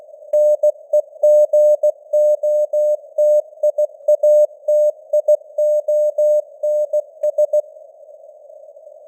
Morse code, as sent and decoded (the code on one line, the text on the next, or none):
-. . --. --- - .. .- - .. --- -. ...
NEGOTIATIONS